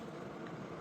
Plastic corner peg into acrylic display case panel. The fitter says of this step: but I don't hear a second click. Oh, crap.